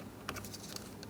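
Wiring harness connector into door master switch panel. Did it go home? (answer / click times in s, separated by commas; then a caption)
no / none. A large wiring harness connector is handled as it goes toward the master window switch panel of a 2003-2007 Cadillac CTS front door. Only light plastic ticks and rattles are heard, at about 0.3, 0.5, 0.8 and 1.0 s, over a low steady background. The connector has not seated or clicked in yet.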